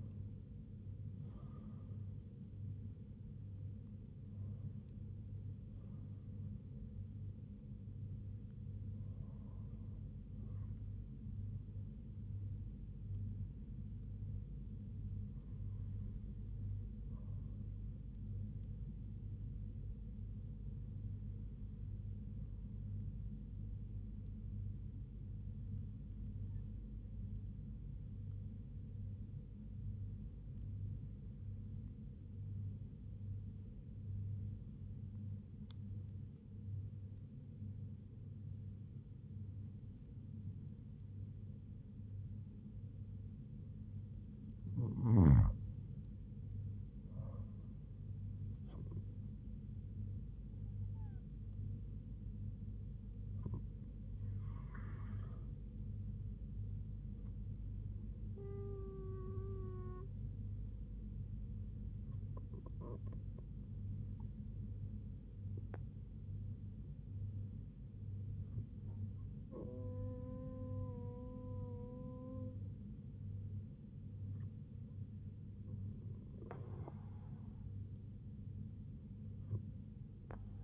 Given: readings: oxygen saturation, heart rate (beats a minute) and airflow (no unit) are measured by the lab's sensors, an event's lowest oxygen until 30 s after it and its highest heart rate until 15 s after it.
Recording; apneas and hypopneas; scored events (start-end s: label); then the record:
breathing in sleep by a smartphone at the bedside; 1
5.00-80.64 s: new sleep stage, N1 (lightest sleep)
26.00-45.40 s: hypopnea (N1, oxygen 98% highest, then 94% lowest, heart rate 75 at the start, 84 highest)
From the record:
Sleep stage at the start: awake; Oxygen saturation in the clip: 94 to 98%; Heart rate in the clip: 69 to 104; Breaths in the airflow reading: 17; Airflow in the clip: -6.3 to 6.2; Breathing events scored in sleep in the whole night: 158 in 7.3 hours asleep